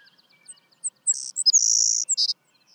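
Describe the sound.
Savannah sparrow song with a faint twittering of soft notes before it: high chips, a dry buzzy trill held about half a second, then a lower closing buzz.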